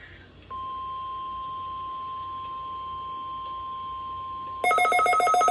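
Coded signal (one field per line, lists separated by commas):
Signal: Emergency Alert System (SAME) tones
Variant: 1050 Hz attention tone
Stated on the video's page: Sequence of EAS alerts including marine warnings and a test.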